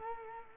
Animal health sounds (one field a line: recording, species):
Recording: mosquito wingbeat signal from an infrared sensor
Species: Culex quinquefasciatus